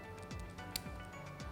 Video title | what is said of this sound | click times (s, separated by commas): Praktikum PK - Hemastosis | klik S bunyi klik ya tekan yang kencang Ini Mas rapat ya Nah | 0.8 s